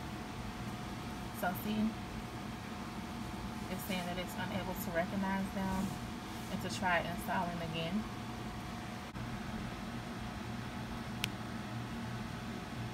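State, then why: Seated. An ink cartridge is pushed back into the carriage of an Epson 7710 printer because the printer did not recognise it, having not been snapped in hard enough before. Someone talks over a steady hum, and a single sharp click at 11.2 s marks the cartridge seating firmly in place.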